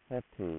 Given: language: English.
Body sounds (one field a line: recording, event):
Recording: throat vibration sensor signal played as sound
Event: speech